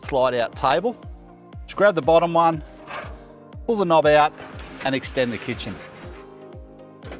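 Someone talks over background music while the slide-out kitchen drawer on the chassis of an MDC XH7.4 Xpedition Hauler camper trailer is handled: the knob is pulled out and the kitchen is gripped by its bottom handle to extend it on its runners. Small faint knocks are heard around 3.5 s and 7.1 s, but the slide lock has not latched and nothing has seated or clicked yet.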